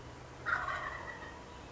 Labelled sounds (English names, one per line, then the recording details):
Wild Turkey
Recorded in Sonoma County, California